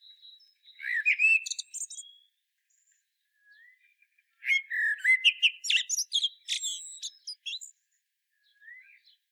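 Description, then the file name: Common blackbird giving two warbled song phrases mixed with high, scratchy squeaks; the second phrase is longer, with brief faint notes between them. "Turdus merula"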